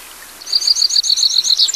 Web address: Songs of Birds of North America Stokes. Red-throated Pipit